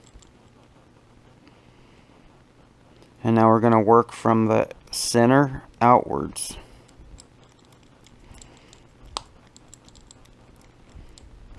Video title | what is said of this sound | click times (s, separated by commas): How to access and rebuild the X-MAXX steering Servo | popped into place so that means it's getting a good seal yep and then | 9.2 s